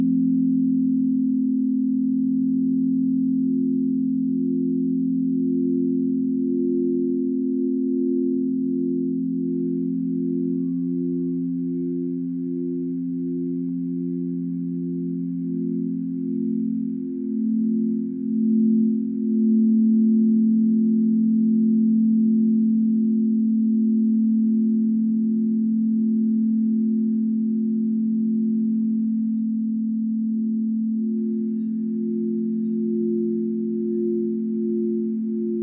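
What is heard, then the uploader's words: Crystal singing bowls hum in a sustained, low drone for the whole clip, their tones overlapping into a thick, steady chord. A gentle pulsing wobble runs through the sound, and loudness stays nearly constant with small swells around the middle. Nothing else is heard. Sound Meditation mit Crystal Singing Bowls.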